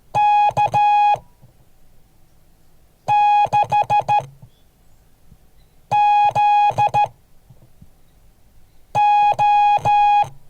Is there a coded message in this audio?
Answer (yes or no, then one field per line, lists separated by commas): yes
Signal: Morse code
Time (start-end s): 0.2-10.2 s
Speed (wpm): 13 wpm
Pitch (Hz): 830 Hz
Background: none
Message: K6ZO